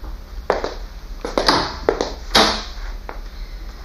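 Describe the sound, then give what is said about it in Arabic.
A door being opened: a handful of sharp clicks and knocks, like a handle and latch working, with a brief bright metallic rattle in the middle. No voices. “استأذن حضرتك افتح الباب.”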